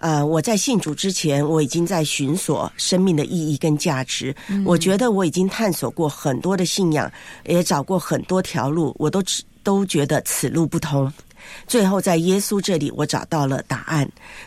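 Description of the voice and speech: An adult woman, a radio host, speaks Mandarin fluently in an answer to a caller's question. Her speech is normal.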